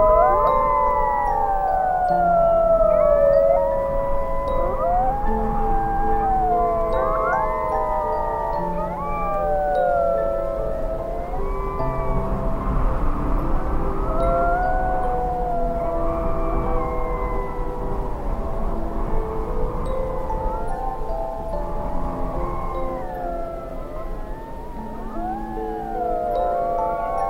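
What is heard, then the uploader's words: Wolves howl together in a dense, overlapping chorus of long rising and falling wails, continuous throughout with a low rumble underneath. Sound Of The Wolves.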